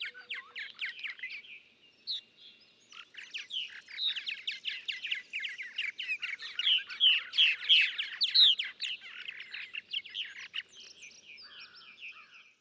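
Purple martin song: long, rich gurgling and chattering warble that builds in loudness toward the middle, then fades to softer, sparser notes.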